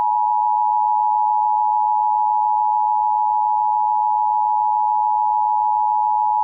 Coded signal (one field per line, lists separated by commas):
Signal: Emergency Alert System (SAME) tones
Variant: 853 and 960 Hz attention tone